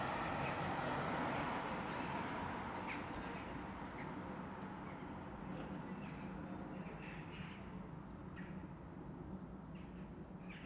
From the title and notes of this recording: Suburban quiet. I pursued flocking corvids about the park around sunset. Only caught their chatter at its most fragmentary really.